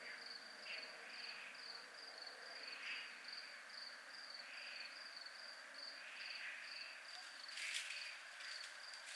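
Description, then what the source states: Crickets trilling in an even, rapid, high pulse throughout, with softer rasping bursts in the background and a brief crackle near the end. Recorded in a 'zona militar' (military zone).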